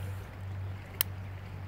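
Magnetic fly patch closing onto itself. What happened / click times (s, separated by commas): The magnetic clasp snapped shut / 1.0 s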